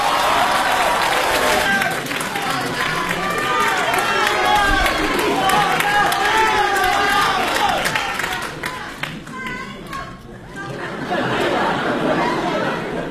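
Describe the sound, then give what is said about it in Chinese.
A theatre audience at a live crosstalk show claps and cheers loudly and steadily as Cao Yunjin and Liu Yuntian come on, a dense wash of applause with shouts and chatter mixed in, thinning briefly near the end before swelling again. “一上来您就报以热烈的掌声。”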